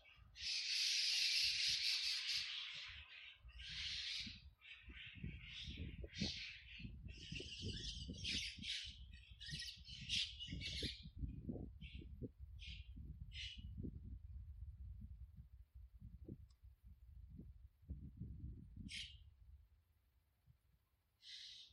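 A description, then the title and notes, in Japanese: Bird calls in a garden, opening with a loud, bright, rasping squawk in the first two seconds, followed by shorter sharp chirps scattered through the clip. Underneath runs a steady low rumbling and thumping that rises and falls, with a final bright call at the very end. 毎朝庭で聞こえる鳥の声を録音しました。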